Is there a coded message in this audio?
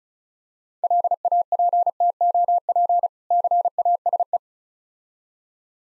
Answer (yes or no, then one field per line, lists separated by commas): yes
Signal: Morse code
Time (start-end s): 0.8-4.4 s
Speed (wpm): 36 wpm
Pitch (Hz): 700 Hz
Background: none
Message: LAPTOP CASE